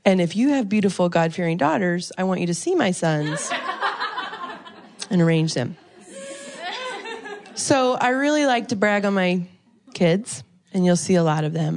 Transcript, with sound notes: And if you have beautiful, God-fearing daughters, I want you to see my sons and arrange them! (laughter) So I really like to brag on my kids, and you’ll see a lot of them.